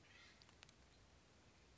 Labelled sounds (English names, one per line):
Acorn Woodpecker